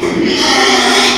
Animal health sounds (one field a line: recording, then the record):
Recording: squeal of a Yucatan mini pig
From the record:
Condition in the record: after surgery on the right vocal fold (resection and tissue-engineered implant)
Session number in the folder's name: 2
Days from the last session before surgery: 13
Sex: male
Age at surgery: 12 weeks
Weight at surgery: 13 kg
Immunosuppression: cyclosporine, prednisolone